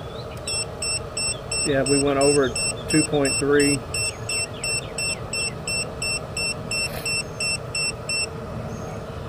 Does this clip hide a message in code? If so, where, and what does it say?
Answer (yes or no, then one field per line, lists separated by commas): no